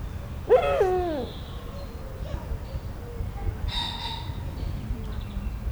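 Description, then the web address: Eurasian eagle-owl giving one loud, harmonic call that bends downward, followed by a faint higher squeal and an unbroken low rumble. Captive at a zoo in Szeged, Hungary; recorded 2011. "szegedizoo 2011 uhu facanis"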